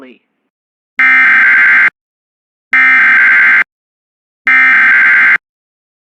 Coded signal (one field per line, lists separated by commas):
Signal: Emergency Alert System (SAME) tones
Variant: header bursts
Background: speech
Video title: EAS #251 Tornado Warning On WJON-IP